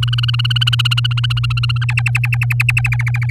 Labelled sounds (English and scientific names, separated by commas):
Domestic Canary (Serinus canaria) song